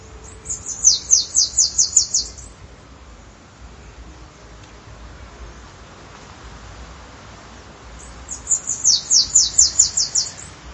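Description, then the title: Bananaquit singing a hurried string of high, wheezy, stuttering notes for about two seconds, repeated once after a long gap. "Canto De Cambacica"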